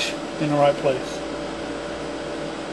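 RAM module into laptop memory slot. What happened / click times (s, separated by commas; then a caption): Memory module lined up at the slot; no seating click yet / none. A laptop RAM module is lined up at its memory slot, ready to be inserted diagonally and pushed home. Someone talks briefly over a steady hum. Nothing has seated or clicked yet.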